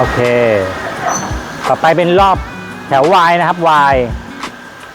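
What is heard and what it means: Someone talks while handling the metal speed selector lever on the headstock of a new 6-foot Winho 480x1000 lathe, setting the spindle speed. The lever has to lock into its detent, but nothing has seated or clicked yet within the clip.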